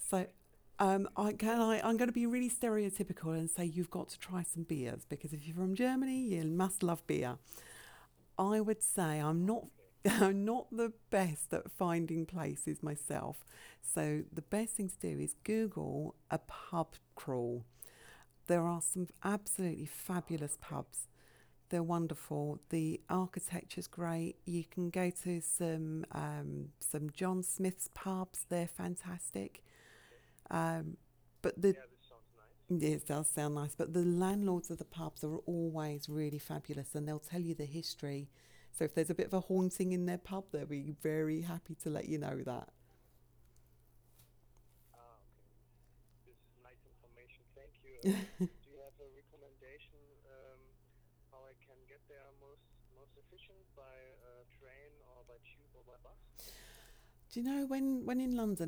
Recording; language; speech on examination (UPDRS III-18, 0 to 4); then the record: conversation on a phone call; English; 0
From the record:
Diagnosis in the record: healthy control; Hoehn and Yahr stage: 0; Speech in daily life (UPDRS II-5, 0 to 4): 0